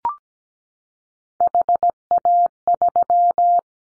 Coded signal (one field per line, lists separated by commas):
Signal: Morse code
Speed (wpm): 17 wpm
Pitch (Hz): 700 Hz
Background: none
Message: HA3